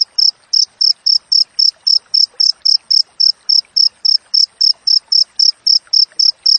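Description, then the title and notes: Cricket giving clean, high chirps in a regular run, close together at nearly four a second, over a quiet background. Clear wild cricket chirping with tight spacing, intended as tutor audio for training songbirds and for repelling rats. "Masteran Jangkrik Alam Jernih, Jeda Rapat Cocok Untuk Masteran Burung Dan Mengusir Tikus. suara jangkrik"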